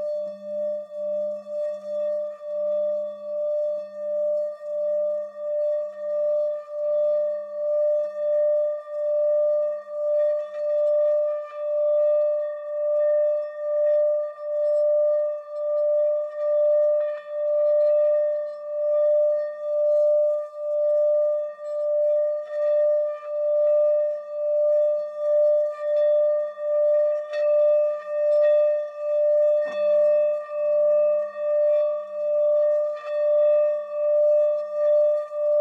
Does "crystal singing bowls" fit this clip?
yes